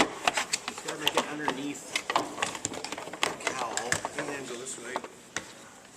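A car's heater blower motor, on a 2000 Saturn LS, is handled under the hood as it is worked into its HVAC housing, with a notch on the motor meant to line up with a hole on top. Someone talks while short knocks and scrapes of the part against the housing sound throughout. Nothing has seated or clicked into place yet.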